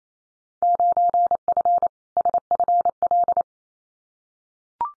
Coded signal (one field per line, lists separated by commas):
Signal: Morse code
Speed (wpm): 28 wpm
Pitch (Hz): 700 Hz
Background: none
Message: 9F SFL